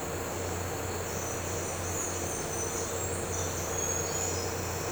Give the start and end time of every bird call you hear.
1.19s-4.43s: bird call

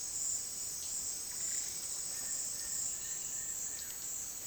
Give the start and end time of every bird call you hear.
2.09s-3.93s: bird call

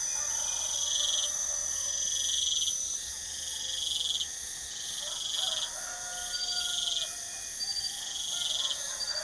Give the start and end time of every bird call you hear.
0.00s-2.12s: bird call
5.00s-9.23s: bird call

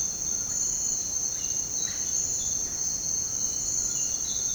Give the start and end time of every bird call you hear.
0.00s-2.11s: bird call

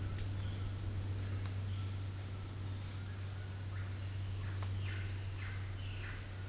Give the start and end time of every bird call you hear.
4.50s-6.38s: bird call

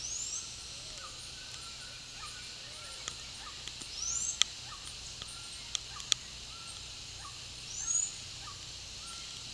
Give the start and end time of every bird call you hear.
0.00s-9.21s: bird call

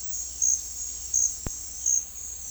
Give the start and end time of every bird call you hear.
0.00s-2.50s: bird call

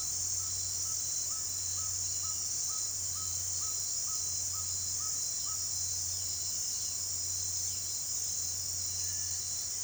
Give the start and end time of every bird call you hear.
0.03s-5.62s: bird call

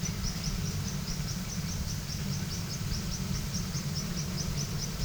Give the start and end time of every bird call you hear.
0.00s-5.04s: bird call

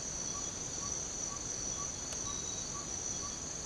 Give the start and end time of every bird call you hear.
0.00s-3.65s: bird call

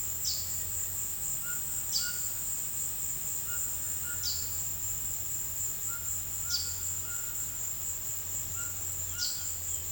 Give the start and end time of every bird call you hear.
0.18s-0.60s: bird call
1.33s-2.30s: bird call
3.43s-4.44s: bird call
5.70s-9.62s: bird call

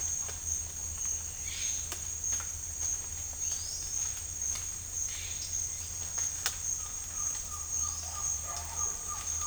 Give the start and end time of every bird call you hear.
6.70s-9.46s: bird call

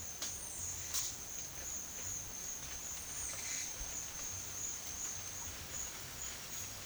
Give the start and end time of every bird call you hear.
0.27s-0.70s: bird call
2.90s-3.37s: bird call

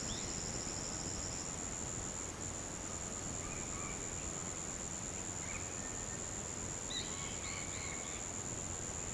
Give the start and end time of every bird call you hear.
0.02s-0.29s: bird call
3.31s-4.11s: bird call
5.42s-6.23s: bird call
6.86s-8.23s: bird call

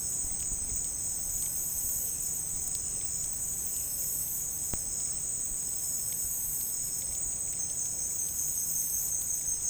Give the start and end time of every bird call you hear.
0.17s-4.44s: bird call

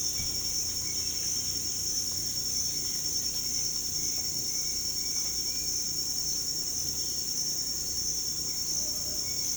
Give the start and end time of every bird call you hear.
3.95s-5.71s: bird call
9.24s-9.57s: bird call

